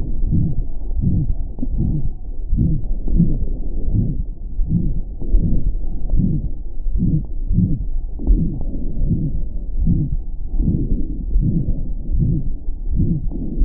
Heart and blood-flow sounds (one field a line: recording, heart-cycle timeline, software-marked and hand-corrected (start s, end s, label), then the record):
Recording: heart sounds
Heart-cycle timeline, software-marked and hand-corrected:
0.00	0.31	diastole
0.31	0.49	S1
0.49	0.62	systole
0.62	0.70	S2
0.70	1.07	diastole
1.07	1.21	S1
1.21	1.34	systole
1.34	1.44	S2
1.44	1.81	diastole
1.81	1.95	S1
1.95	2.10	systole
2.10	2.18	S2
2.18	2.51	diastole
2.51	2.59	S1
2.59	2.68	systole
2.68	2.84	S2
2.84	3.15	diastole
3.15	3.31	S1
3.31	3.46	systole
3.46	3.56	S2
3.56	3.95	diastole
3.95	4.09	S1
4.09	4.24	systole
4.24	4.32	S2
4.32	4.71	diastole
4.71	4.83	S1
4.83	4.94	systole
4.94	5.00	S2
5.00	5.31	diastole
5.31	5.45	S1
5.45	5.58	systole
5.58	5.68	S2
5.68	6.09	diastole
6.09	6.23	S1
6.23	6.38	systole
6.38	6.48	S2
6.48	6.93	diastole
6.93	7.03	S1
7.03	7.16	systole
7.16	7.28	S2
7.28	7.59	diastole
7.59	7.71	S1
7.71	7.86	systole
7.86	7.94	S2
7.94	8.27	diastole
8.27	8.43	S1
8.43	8.56	systole
8.56	8.64	S2
8.64	9.03	diastole
9.03	9.17	S1
9.17	9.30	systole
9.30	9.38	S2
9.38	9.79	diastole
9.79	9.91	S1
9.91	10.06	systole
10.06	10.16	S2
10.16	10.55	diastole
10.55	10.69	S1
10.69	10.86	systole
10.86	10.96	S2
10.96	11.33	diastole
11.33	11.45	S1
11.45	11.62	systole
11.62	11.72	S2
11.72	12.13	diastole
12.13	12.29	S1
12.29	12.42	systole
12.42	12.50	S2
12.50	12.91	diastole
12.91	13.07	S1
13.07	13.16	systole
13.16	13.24	S2
13.24	13.59	diastole
13.59	13.65	S1
From the record:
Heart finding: aortic stenosis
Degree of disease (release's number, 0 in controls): 4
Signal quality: good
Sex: female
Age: 80 years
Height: 1.53 m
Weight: 82 kg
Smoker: no